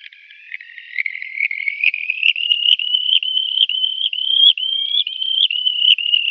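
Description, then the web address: Red-rumped wheatear singing a continuous scratchy warble that climbs slightly in pitch, with frequent sharp clicking notes. "Schulze Peter Red-rumped Wheatear song"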